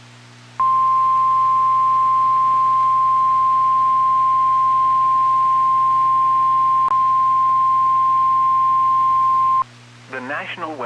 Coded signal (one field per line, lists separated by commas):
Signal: Emergency Alert System (SAME) tones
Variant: 1050 Hz attention tone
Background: speech